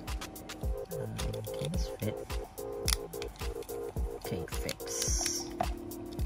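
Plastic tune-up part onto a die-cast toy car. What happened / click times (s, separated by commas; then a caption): The plastic part is handled but not yet seated / none. A plastic tune-up part is handled and pushed toward a Majorette Tune Up Toyota GT 86 die-cast toy car while its wheels are being swapped, with music playing and someone talking briefly. Soft plastic handling noises and sharp taps, the loudest near 2.9 s and 5.6 s, are heard over the music. The part has not seated or snapped on yet.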